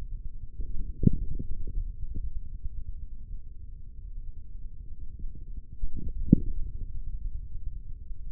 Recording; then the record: forearm muscle sounds (acoustic myography)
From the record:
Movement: forearm pronation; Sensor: system 3, bracelet of six PUI Audio POM-2738L microphones around the upper forearm, with dedicated amplification and filtering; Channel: 1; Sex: male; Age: 55 years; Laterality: right